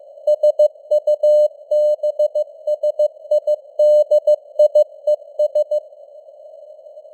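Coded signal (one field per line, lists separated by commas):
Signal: Morse code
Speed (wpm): 15 wpm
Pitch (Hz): 600 Hz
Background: none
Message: SUBSIDIES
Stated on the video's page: News headlines in Morse at 15 wpm with simulated radio noise and varying signal strength (QSB).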